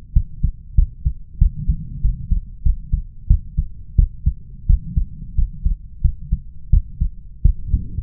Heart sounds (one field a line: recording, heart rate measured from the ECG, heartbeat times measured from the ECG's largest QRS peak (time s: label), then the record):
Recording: heart sounds by stethoscope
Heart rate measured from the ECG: 91 bpm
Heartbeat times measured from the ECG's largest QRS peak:
0.13 s: heartbeat
0.75 s: heartbeat
1.38 s: heartbeat
2.01 s: heartbeat
2.62 s: heartbeat
3.27 s: heartbeat
3.95 s: heartbeat
4.66 s: heartbeat
5.35 s: heartbeat
6.01 s: heartbeat
6.70 s: heartbeat
7.42 s: heartbeat
From the record:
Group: healthy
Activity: rest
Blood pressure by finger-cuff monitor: 110/87 mmHg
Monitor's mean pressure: 95 mmHg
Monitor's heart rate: 95 bpm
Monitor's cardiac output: 6.3 L/min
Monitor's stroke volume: 67 mL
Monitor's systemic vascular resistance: 1110 dyn s/cm5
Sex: male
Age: 21 years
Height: 180 cm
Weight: 67.5 kg